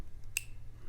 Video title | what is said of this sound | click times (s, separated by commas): Rocktol ST02 Budget EDC Multi-Tool | And that snaps in better than what the knife side did. You can hear that snap. | 0.4 s